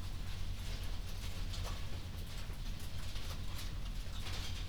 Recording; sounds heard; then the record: poultry house recording; no chicken sound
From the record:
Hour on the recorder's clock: 1